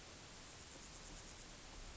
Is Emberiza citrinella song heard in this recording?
no